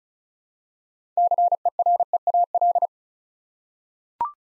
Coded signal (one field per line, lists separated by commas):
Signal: Morse code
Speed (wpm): 36 wpm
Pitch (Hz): 700 Hz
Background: none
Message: CEREAL